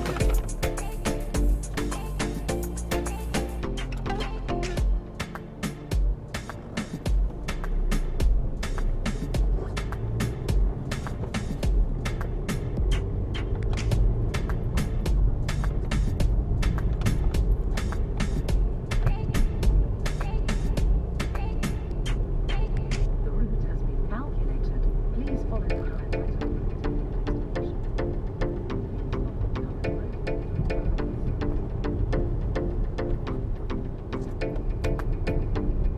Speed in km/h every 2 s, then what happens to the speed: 0, 0, 0, 3, 13, 18, 27, 27, 27, 27, 26, 27, 29, 32, 32, 32, 32, 34.
0-5 standing. 5-12 pulls away to 27. 12-21 steady at about 27. 21-26 speeds up to 32. 26-36 steady at about 32.